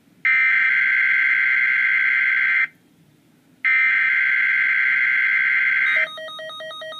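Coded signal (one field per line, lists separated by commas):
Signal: Emergency Alert System (SAME) tones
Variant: header bursts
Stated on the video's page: Required weekly test from a NOAA weather radio transmitter, recorded on an iPad.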